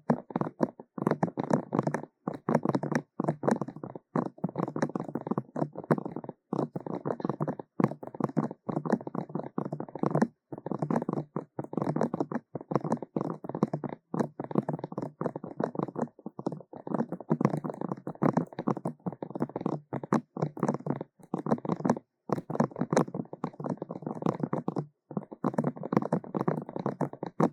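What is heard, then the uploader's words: Fast, close tapping runs in dense bursts of roughly one to two seconds, each cut off by a brief silence before the next begins. The taps are quick and crowded, mostly in the low-middle range with a soft upper edge. The pattern stays steady throughout. 快速耳朵敲擊 | EAR Fast Tapping for Tingles | NoTalking.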